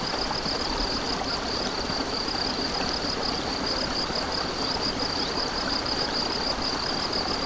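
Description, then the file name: Cricket trilling in quick regular pulses throughout, partly masked by dense rushing stream water. Crickets with a stream, recorded 7 May 2014 on an MZ-N710 recorder. "MZ-N 710 Ruisseau et grillons 7 05 14"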